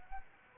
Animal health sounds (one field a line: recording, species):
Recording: mosquito wingbeat signal from an infrared sensor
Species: Anopheles arabiensis